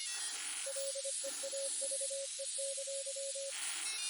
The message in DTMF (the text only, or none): none